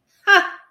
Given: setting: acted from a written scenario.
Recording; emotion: vocal sound without words; triumph